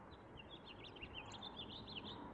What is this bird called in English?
House Finch